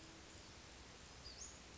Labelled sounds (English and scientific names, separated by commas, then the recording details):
Western Flycatcher (Empidonax difficilis)
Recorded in Sonoma County, California